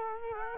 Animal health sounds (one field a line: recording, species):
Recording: mosquito wingbeat signal from an infrared sensor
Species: Culex quinquefasciatus